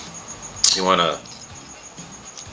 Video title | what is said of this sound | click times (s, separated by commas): Transformers X Back To The Future Gigawatt Review & Unboxing from RobotKingdom | around completely again you have to move this down so you clear his head that just snaps back into place right there | 0.6 s